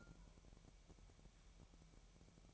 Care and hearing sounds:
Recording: daily activity, microphone in the room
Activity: take from stove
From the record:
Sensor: 1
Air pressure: 1012.1 hPa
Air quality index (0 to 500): 220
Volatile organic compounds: 5 ppm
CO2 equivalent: 1760 ppm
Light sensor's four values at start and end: 67/159/67/69 and 67/159/67/69

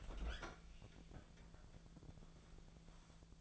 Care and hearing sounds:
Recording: daily activity, microphone in the room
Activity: open fridge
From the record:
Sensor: 5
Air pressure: 1000.2 hPa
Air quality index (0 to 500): 99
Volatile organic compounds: 1 ppm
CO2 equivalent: 804 ppm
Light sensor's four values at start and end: 241/571/245/270 and 244/576/248/273

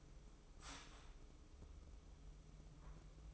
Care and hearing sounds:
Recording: daily activity, microphone in the room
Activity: start toaster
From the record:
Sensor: 1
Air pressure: 995.3 hPa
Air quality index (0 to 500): 25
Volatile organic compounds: 0 ppm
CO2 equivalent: 501 ppm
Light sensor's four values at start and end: 17/58/21/23 and 17/58/21/23

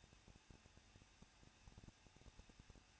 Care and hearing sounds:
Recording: daily activity, microphone in the room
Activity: no activity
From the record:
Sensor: 2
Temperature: 21.0 degrees Celsius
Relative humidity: 37.4%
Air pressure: 1006.2 hPa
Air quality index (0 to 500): 222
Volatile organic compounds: 24 ppm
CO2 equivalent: 2809 ppm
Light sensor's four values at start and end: 2/3/2/2 and 2/3/2/2

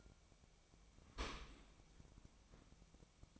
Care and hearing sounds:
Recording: daily activity, microphone in the room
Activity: open dishwasher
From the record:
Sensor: 1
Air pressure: 1003.1 hPa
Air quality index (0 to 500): 196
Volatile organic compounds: 6 ppm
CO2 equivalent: 1877 ppm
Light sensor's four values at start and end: 17/43/18/21 and 17/43/18/21

